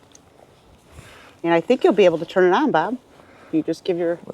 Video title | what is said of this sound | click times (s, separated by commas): Ororo Heated Jacket Review – Unboxing, Fit Test & Real-World Test! | there's a pocket with a cable in there cable just pops right in there | 0.2 s